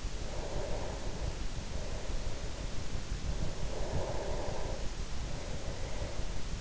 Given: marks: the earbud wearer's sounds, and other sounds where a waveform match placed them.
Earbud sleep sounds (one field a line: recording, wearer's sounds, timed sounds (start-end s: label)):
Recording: sounds in sleep by an in-ear microphone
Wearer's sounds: breath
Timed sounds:
0.16-3.20 s: breath
3.49-6.57 s: breath